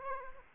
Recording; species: mosquito wingbeat signal from an infrared sensor; Aedes aegypti